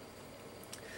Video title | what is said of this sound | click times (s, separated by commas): Transformers Energon Autobot Air Team (Superion Maximus) Review | it in place, and honestly, it barely even locks in place. | 0.6 s, 0.7 s